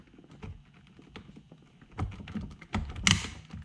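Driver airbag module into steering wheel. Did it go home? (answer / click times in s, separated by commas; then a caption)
yes / 3.1 s. A driver airbag module is pressed into the hub of a custom steering wheel in a C7 Corvette, with soft taps and thumps as it is pushed into place. Its retaining clips catch with a sharp, bright click at 3.1 s, and the module is seated.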